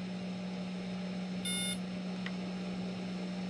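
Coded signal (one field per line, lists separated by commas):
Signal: beep code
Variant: DJI drone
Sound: a single short electronic beep over a low steady hum, then a click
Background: low electrical hum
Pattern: 1 short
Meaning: Drone enters pairing mode with the remote controller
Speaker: now one beep to pair it so I'll hold it down May button until I hear one beep now let it go [Music] you hear the beep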